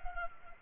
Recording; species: mosquito wingbeat signal from an infrared sensor; Culex pipiens